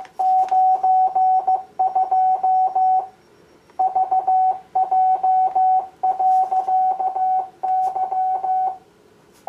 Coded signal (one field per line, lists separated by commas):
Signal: Morse code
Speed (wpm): 15 wpm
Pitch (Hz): 750 Hz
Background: none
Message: 92 VJ.Y